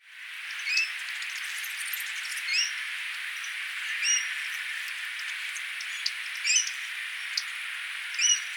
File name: Porzana carolina - Sora